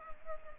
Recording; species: mosquito wingbeat signal from an infrared sensor; Culex pipiens